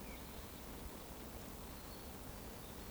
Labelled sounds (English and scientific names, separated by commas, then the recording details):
Eurasian Woodcock (Scolopax rusticola) whistle
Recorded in Baden-Württemberg, Germany, on 24 June 2020 at 19:27 UTC
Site 14569, 102 m above sea level